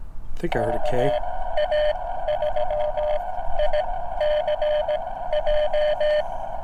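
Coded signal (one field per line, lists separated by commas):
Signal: Morse code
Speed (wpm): 17 wpm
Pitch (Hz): 600 Hz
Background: speech, radio noise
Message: KA3ICJ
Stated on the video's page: CW park activation on a cheap uSDX+ transceiver, which picked up nearby signals badly and occasionally squealed.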